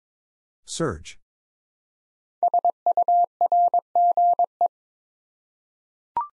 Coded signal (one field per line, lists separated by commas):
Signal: Morse code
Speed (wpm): 22 wpm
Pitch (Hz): 700 Hz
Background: none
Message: SURGE